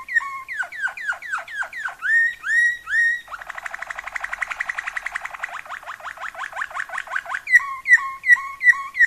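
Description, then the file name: Waterslager canary song with slurred downward notes, a long rapid rattling trill, then repeated liquid two-pitched notes at a steady pace. Song variations. "kenari waterslager variasi omkicau"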